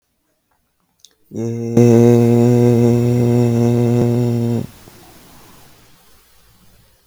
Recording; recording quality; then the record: sustained vowel as in made; excellent, no background noise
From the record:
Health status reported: healthy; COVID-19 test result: negative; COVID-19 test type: RT-PCR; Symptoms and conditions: cold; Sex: male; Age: 20 years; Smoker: no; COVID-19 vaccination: both doses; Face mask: worn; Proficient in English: yes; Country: India